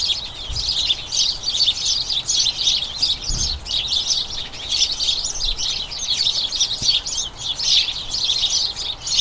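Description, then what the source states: House sparrows in a lively group chatter, rapid overlapping chirps rising and falling in intensity, with a couple of soft low knocks. A dozen house sparrows, a colony in a small front garden as crocuses bloom, chattering incessantly and excitedly as they turn toward the breeding season; recorded by Fergus Collins.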